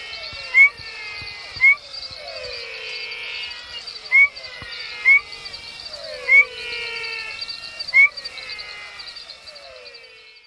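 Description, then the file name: Aplastodiscus perviridis calls, sharp upslurred notes repeated irregularly about every one to two and a half seconds amid a busy chorus of other calls. "Aplastodiscus Perviridis"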